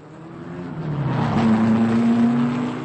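Engines roar and build as racing cars pull away from the start of a race, a rising, steady drone with a strong low hum that swells in loudness and holds, no voices over it.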